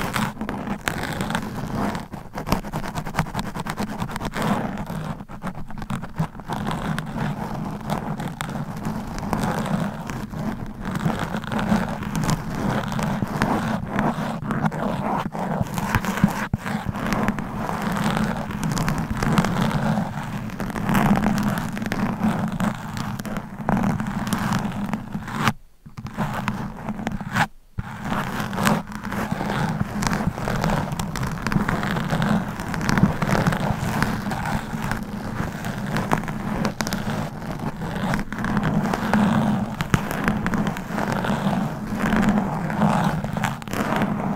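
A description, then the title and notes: Continuous scratching and rubbing on a microphone, a dense rasping texture with a steady low hum underneath and constant fine crackly strokes. The level stays fairly even throughout, broken by two brief sharp dropouts to near silence around 26 and 27 seconds. ASMR Mic Scratching Brain Scratching Hypnotic Asmr No Talking for Sleep with Long Nails.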